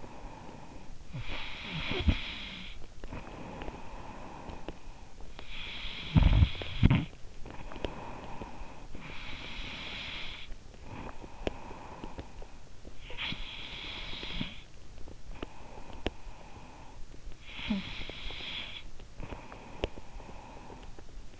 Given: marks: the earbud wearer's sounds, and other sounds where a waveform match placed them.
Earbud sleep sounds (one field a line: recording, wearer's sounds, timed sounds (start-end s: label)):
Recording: sounds in sleep by an in-ear microphone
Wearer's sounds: snoring breath, breath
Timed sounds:
0.00-9.22 s: snoring breath
9.22-13.04 s: breath
13.04-21.40 s: snoring breath